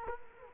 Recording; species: mosquito wingbeat signal from an infrared sensor; Culex quinquefasciatus